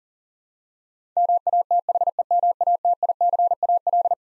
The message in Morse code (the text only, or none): MATHEMATICAL